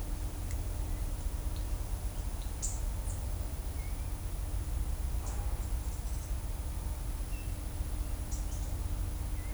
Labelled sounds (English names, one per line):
none